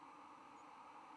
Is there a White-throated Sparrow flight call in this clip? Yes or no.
no